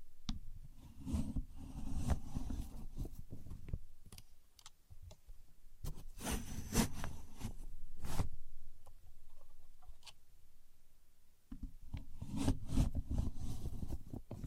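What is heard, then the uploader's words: A contour gauge is handled up close in a quiet small room, with rubbing, sliding and scraping of its pins and body. Sharp clicks and clacks land near 0, 6–8 and 12–13 seconds, between stretches of soft low shuffling and near silence around 4–5 and 11 seconds. Using A Contour Gauge (No Talking).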